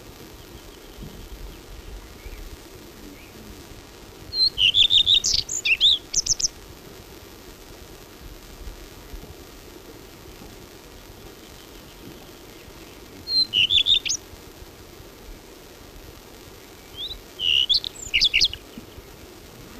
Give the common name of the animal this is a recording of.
Common Redstart